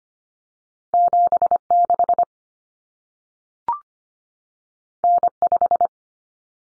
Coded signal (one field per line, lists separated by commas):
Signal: Morse code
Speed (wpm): 25 wpm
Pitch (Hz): 700 Hz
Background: none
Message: 76 N5